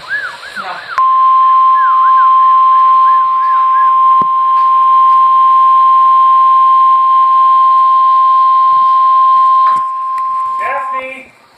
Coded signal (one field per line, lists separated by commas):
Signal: Emergency Alert System (SAME) tones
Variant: 1050 Hz attention tone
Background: speech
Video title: Severe Thunderstorm Warning - SVR - EAS #32